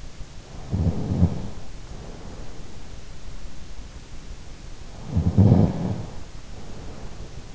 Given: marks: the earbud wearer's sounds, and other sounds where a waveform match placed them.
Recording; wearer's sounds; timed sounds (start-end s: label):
sounds in sleep by an in-ear microphone; snoring breath
0.47-2.85 s: snoring breath
4.75-7.54 s: snoring breath